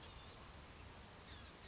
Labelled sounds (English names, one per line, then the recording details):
Blue-gray Gnatcatcher
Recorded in Sonoma County, California